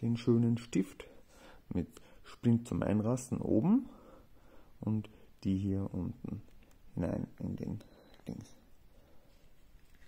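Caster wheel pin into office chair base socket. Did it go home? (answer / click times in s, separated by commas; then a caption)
no / none. Someone talks while handling a replacement caster for hard floors on an office swivel chair: its pin, with a retaining ring, is about to be pushed into the socket in the chair base leg. Nothing has seated or clicked yet.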